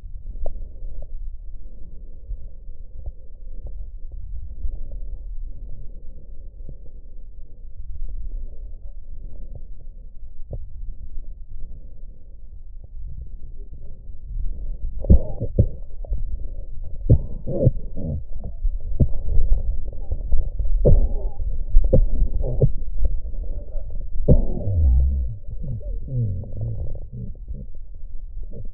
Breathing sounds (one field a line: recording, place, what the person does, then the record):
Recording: lung sounds by stethoscope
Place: left posterior basal chest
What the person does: quiet breathing, then cough and speech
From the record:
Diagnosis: pulmonary infection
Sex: male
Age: 69 years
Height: 184 cm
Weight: 115 kg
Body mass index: 34.0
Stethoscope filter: extended mode